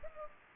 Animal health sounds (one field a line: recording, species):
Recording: mosquito wingbeat signal from an infrared sensor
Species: Culex pipiens